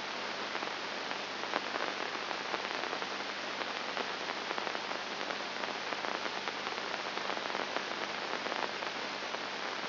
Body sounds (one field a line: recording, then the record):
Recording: brain microelectrode recording played as sound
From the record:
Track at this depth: inside the subthalamic nucleus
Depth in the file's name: 0.508 mm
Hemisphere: left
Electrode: 2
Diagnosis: Parkinson's disease